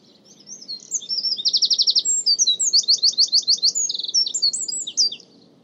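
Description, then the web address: Bird singing a rapid, varied series of high chirps, trills and buzzy notes, many short elements strung together over about five seconds, with faint low background hum. "Deverinetal 2025 File origin Bird Only"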